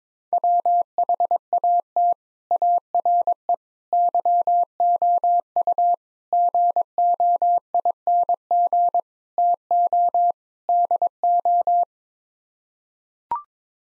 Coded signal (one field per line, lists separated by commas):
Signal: Morse code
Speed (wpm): 21 wpm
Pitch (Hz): 700 Hz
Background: none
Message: WHAT ARE YOU GOING TO DO